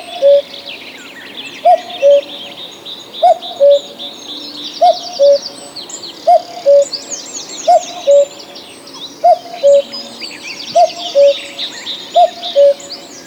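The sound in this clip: Cuckoo repeating its falling two-note cu-coo again and again, over a busy background of higher chirping songbirds.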